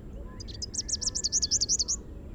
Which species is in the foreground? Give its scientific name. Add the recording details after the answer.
Basileuterus rufifrons. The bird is a male. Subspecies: rufifrons. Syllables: 15. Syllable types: 7. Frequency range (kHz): 3.1-8.2 kHz. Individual SP-RRBS-M